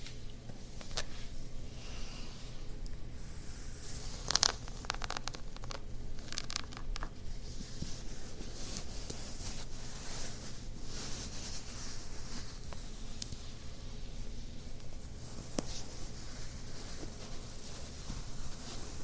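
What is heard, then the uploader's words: Ear massages with fabric scratching: steady low rumble under frequent bright rubbing bursts, with one sharp loud scrape around four seconds. ASMR Ear Massages + Fabric Scratching on 3DIO.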